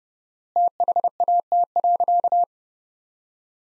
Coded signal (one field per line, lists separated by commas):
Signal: Morse code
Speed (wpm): 30 wpm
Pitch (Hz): 700 Hz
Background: none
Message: THAT.